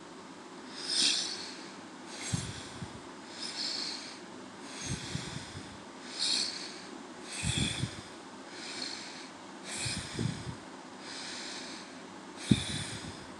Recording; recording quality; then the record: deep breathing; excellent, no background noise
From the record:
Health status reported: healthy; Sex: male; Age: 25 years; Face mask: not worn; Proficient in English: yes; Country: India